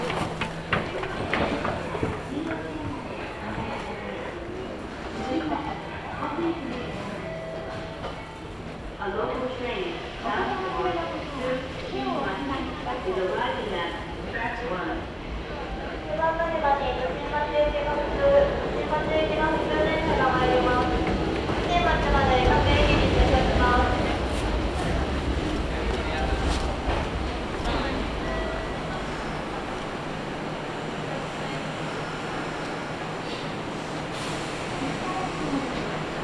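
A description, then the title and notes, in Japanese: A Kintetsu express running from Yokkaichi toward Ise-Wakamatsu. Voices speak through most of the clip over a steady low hum. Around the middle the rumble of the train grows louder and fuller, then settles into even running noise to the end. 近鉄急行 四日市→伊勢若松。モーター音や加速の違いが歴然としています。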